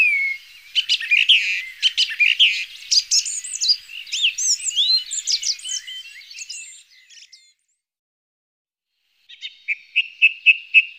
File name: zanglijster song thrush